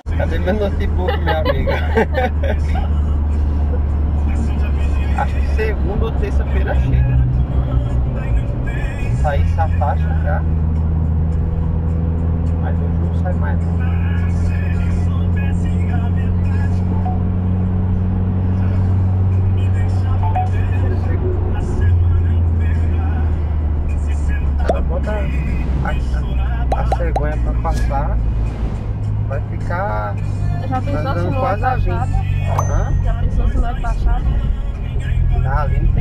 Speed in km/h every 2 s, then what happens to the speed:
88, 81, 79, 75, 68, 68, 68, 82, 83, 86, 77, 71, 59, 48, 46, 44, 38, 36.
0-8 slows to 68. 8-13 steady at about 68. 13-19 speeds up to 86. 19-36 slows to 36.